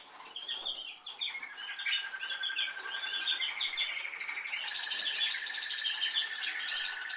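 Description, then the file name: Canary singing a string of quick trills and rolling phrases. "Canary Voice"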